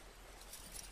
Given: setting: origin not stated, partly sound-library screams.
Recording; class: one-second piece from a danger detection set; normal situation